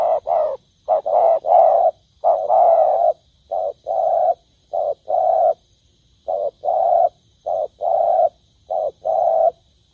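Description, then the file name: Spotted dove giving soft hollow coos, grouped in short-long pairs and repeated rhythmically. "tieng cu dat gay"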